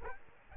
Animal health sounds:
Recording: mosquito wingbeat signal from an infrared sensor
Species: Aedes aegypti

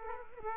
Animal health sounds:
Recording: mosquito wingbeat signal from an infrared sensor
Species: Aedes aegypti

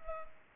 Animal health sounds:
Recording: mosquito wingbeat signal from an infrared sensor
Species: Culex pipiens

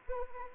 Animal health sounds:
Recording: mosquito wingbeat signal from an infrared sensor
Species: Anopheles arabiensis

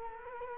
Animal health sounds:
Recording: mosquito wingbeat signal from an infrared sensor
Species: Culex quinquefasciatus

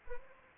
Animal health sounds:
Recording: mosquito wingbeat signal from an infrared sensor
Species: Anopheles arabiensis

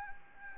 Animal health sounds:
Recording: mosquito wingbeat signal from an infrared sensor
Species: Anopheles gambiae

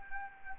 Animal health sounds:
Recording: mosquito wingbeat signal from an infrared sensor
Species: Anopheles gambiae

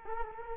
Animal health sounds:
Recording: mosquito wingbeat signal from an infrared sensor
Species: Culex quinquefasciatus

